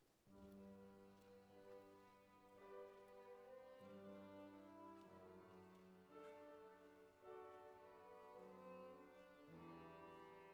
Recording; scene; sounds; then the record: everyday scene through a hearing-aid microphone; reverberant space; music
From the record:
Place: church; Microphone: behind the ear, left, front